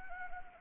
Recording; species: mosquito wingbeat signal from an infrared sensor; Anopheles gambiae